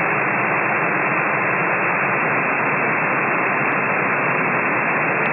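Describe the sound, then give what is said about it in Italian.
Steady, loud CB radio static from a carrier signal covering a station's transmission, on CB radio around Sassari, fills the whole clip, a dense even hiss with a faint low carrier hum under it for the first two seconds and a brief click later. No voices. “c'è una portante che a te ti copre, 9,5,”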